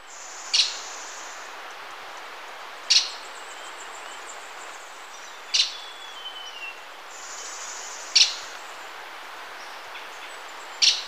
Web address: Natures Songs S America Birds of Ecuador Streak-capped Treehunter